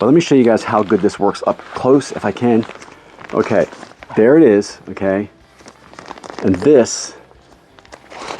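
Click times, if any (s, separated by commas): 8.3 s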